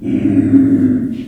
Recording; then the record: squeal of a Yucatan mini pig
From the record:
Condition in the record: after surgery on the right vocal fold (resection and tissue-engineered implant); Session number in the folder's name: 3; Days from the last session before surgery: 21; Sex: female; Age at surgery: 19 weeks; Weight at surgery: 25 kg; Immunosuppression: prednisolone